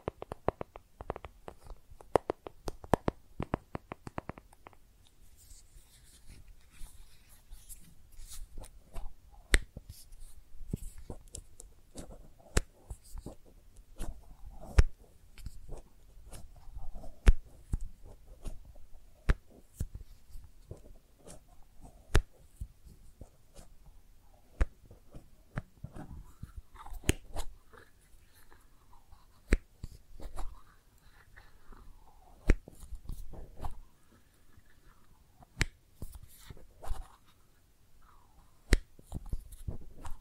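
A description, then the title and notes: Makeup items are tapped and scratched in a dense flurry of sharp clicks for the first few seconds, then in sparser, irregular taps and short scrapes. Soft rustling fills the gaps, and a faint murmuring voice surfaces briefly in the second half. Makeup Tapping & Scratching Sounds.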